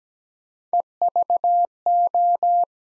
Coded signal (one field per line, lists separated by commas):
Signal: Morse code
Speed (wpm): 17 wpm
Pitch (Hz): 700 Hz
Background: none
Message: EVO